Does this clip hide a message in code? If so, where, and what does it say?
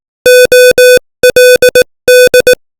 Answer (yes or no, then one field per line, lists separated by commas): yes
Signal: Morse code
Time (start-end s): 0.3-2.5 s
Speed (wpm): 18 wpm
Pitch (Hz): 500 Hz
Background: music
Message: OLD